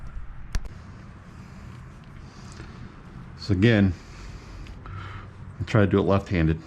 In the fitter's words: underneath and push it until it snaps so